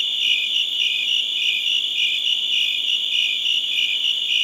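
Shrill cricket chirps pulse repeatedly over a constant high drone, a dense insect chorus without other sounds.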